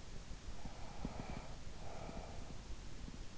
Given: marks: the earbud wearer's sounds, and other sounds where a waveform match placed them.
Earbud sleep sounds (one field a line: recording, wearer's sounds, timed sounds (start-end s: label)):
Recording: sounds in sleep by an in-ear microphone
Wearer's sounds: breath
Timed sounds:
0.20-3.35 s: breath